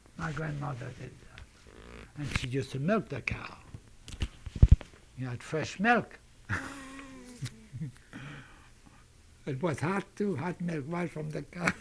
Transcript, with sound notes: My grandmother did that. And she just milked the cow. We had fresh milk. ( he laughs ) It was hot, too, hot milk, right from the cow.